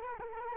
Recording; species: mosquito wingbeat signal from an infrared sensor; Culex quinquefasciatus